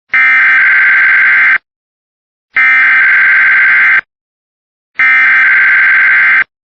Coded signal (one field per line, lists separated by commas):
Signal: Emergency Alert System (SAME) tones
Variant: header bursts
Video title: REQUIRED WEEKLY DEMO…EAS alerts from 9/24/2025 (EAS #191-192)